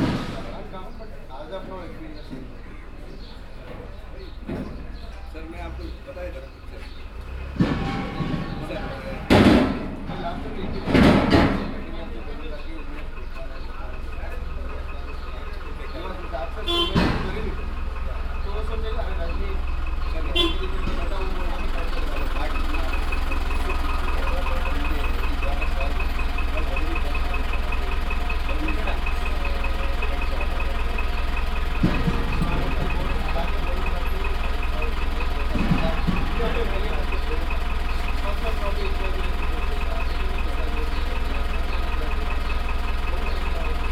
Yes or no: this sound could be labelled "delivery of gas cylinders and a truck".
yes